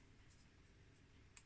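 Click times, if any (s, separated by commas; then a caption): none. A small plastic part is handled and worked onto its locating points on a B-26 model aircraft kit, with quiet, soft handling noise over a low background hum. A brief, sharp tick sounds at about 1.4 s, but the part has not yet seated or clicked into place.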